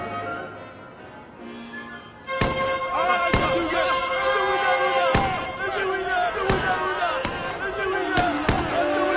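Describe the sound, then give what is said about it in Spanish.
A volley of sharp gunshots, roughly seven loud cracks fired at irregular intervals, as men are shot down, ringing out over a steady background of raised voices and shouting. “Los derribaron a balazos.”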